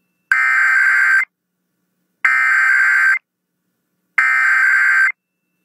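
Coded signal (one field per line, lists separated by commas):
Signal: Emergency Alert System (SAME) tones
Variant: header bursts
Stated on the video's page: Santa Barbara IPAWS weekly test alert.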